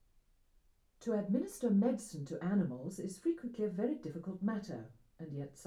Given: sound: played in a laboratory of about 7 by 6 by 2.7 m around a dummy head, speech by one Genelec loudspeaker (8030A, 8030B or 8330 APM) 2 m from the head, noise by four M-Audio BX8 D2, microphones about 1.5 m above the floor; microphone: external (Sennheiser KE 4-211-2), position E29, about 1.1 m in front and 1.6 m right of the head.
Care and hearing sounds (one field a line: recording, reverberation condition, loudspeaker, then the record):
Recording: female speech in English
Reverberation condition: low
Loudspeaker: 90 degrees to the right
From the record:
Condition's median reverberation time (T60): about 310 ms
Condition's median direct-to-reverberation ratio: about 3.5 dB